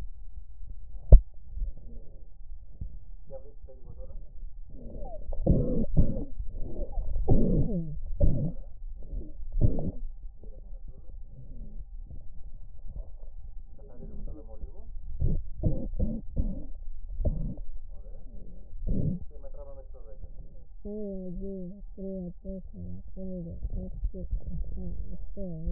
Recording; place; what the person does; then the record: lung sounds by stethoscope; left posterior basal chest; quiet breathing, then cough and speech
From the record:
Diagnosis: asthma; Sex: female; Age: 56 years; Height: 161 cm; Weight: 85 kg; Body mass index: 32.8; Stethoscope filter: extended mode